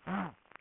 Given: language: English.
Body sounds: throat vibration sensor signal played as sound; throat clearing

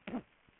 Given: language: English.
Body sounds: throat vibration sensor signal played as sound; cough

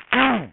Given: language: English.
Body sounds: throat vibration sensor signal played as sound; throat clearing

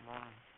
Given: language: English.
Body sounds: throat vibration sensor signal played as sound; speech

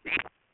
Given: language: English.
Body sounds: throat vibration sensor signal played as sound; swallow

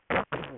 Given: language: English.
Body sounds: throat vibration sensor signal played as sound; throat clearing

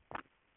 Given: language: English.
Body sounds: throat vibration sensor signal played as sound; swallow

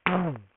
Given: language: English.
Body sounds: throat vibration sensor signal played as sound; throat clearing

